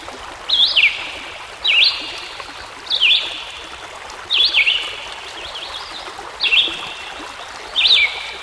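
Songbird song: brief zigzagging whistles repeated roughly every second and a quarter, over a steady stream.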